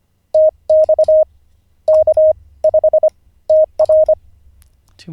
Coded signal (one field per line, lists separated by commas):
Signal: Morse code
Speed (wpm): 25 wpm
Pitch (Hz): 620 Hz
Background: speech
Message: TX K5TR